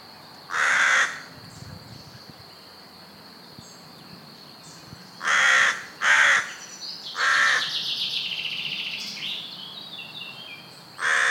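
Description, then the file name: Carrion crow giving several rasping caws, a quick pair near the middle, with a longer burst of another high sound after them. "Corvus corone"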